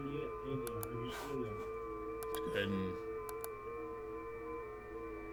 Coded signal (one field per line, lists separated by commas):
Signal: FT8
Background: speech